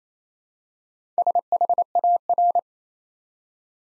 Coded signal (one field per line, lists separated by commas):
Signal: Morse code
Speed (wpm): 27 wpm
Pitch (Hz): 700 Hz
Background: none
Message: SHAR